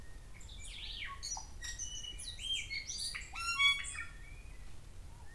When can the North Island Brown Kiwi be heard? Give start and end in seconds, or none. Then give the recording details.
0.00-5.35. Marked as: faintness 4/5. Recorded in New Zealand on 24 November 2013. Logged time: 03:42. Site CF70